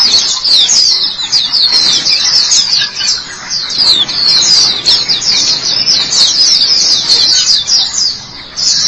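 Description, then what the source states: White-eye pouring out a fast, high, scratchy twittering song with a couple of short breaks. Chirping song.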